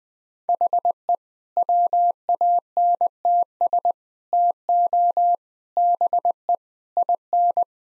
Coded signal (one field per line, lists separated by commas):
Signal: Morse code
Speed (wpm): 21 wpm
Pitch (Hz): 700 Hz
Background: none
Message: HE WANTS TO BE IN